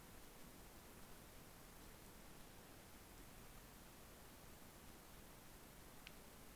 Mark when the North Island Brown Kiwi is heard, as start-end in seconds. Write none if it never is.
none